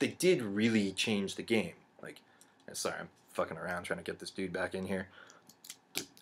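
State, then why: Seated. Someone talks while pushing a small plastic minifigure back into its seat on a brick-built model, with a few faint handling ticks after the speech stops. A sharp click at 6.0 s marks the minifigure seating in place.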